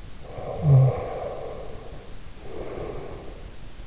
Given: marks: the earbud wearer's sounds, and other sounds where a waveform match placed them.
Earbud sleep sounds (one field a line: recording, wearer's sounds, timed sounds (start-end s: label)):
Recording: sounds in sleep by an in-ear microphone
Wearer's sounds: snoring breath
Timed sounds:
0.16-3.56 s: snoring breath